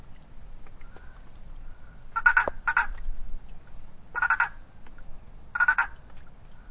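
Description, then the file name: Treefrog calls: short pulsed croaking bursts, two close together and then single bursts roughly every one and a half seconds, over a low rumbling background. "Boana prasina"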